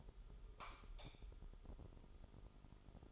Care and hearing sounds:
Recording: daily activity, microphone in the room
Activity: light off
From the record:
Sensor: 5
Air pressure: 988.5 hPa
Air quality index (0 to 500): 215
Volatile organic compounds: 112 ppm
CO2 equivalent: 3832 ppm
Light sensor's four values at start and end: 45/137/53/57 and 44/132/52/55

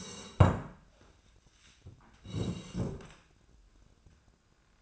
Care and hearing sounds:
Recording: daily activity, microphone in the room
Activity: sit down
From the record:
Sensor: 2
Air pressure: 1012.1 hPa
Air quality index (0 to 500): 160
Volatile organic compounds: 2 ppm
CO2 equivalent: 1174 ppm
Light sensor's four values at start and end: 70/156/74/89 and 47/123/52/60

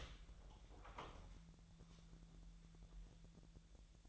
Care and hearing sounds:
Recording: daily activity, microphone in the room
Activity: open door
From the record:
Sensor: 3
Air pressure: 1001.3 hPa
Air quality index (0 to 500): 249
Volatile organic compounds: 166 ppm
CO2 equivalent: 4089 ppm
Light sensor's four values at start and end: 13/31/13/13 and 13/31/13/13

